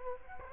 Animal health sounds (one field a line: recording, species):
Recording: mosquito wingbeat signal from an infrared sensor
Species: Culex quinquefasciatus